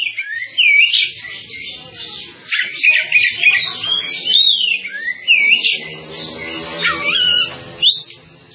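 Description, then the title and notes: Bird giving a mix of sharp whistles, rising slurs and chattering notes, with some lower harmonic tones mixed in. "Bird Sound. Kicau Burung Lengkap"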